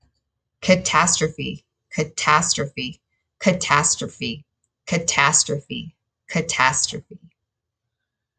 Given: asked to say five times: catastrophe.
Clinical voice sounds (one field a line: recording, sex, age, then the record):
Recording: repeated word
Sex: female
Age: 30 to 39 years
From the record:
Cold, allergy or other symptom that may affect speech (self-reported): no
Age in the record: 35 years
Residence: Utah, United States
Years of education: 17